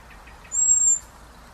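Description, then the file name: Common blackbird uttering a single drawn-out, thin, high-pitched whistle lasting about half a second, steady in pitch, against quiet hiss. "Turdus merula"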